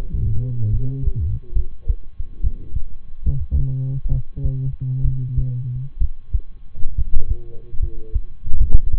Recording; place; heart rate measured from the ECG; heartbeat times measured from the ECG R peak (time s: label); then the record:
heart sounds by stethoscope; between the tricuspid and mitral areas; 69 bpm
0.70 s: heartbeat
1.52 s: heartbeat
2.40 s: heartbeat
3.22 s: heartbeat
4.08 s: heartbeat
5.01 s: heartbeat
5.97 s: heartbeat
6.94 s: heartbeat
7.78 s: heartbeat
8.57 s: heartbeat
From the record:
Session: rest, lying down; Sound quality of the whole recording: good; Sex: male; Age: 23 years